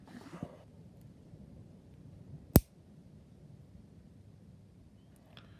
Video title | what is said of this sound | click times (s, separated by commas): Revell 1/144 Flower Class Corvette full build with Pontos detail set Part 15 | satisfying snap when that happens | 2.6 s